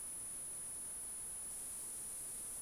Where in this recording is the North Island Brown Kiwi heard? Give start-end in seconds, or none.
none